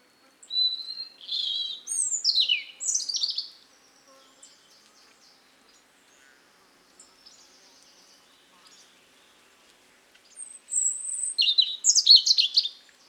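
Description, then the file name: European robin song in two bursts of high, scratchy warbling and falling squeaky notes, with faint soft twittering between phrases. "Erithacus rubecula"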